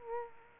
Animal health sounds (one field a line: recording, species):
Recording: mosquito wingbeat signal from an infrared sensor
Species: Aedes aegypti